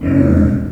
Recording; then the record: squeal of a Yucatan mini pig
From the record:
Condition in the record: after surgery on the right vocal fold (resection and tissue-engineered implant); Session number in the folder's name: 7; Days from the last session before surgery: 47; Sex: female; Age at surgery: 19 weeks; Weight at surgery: 25 kg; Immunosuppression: prednisolone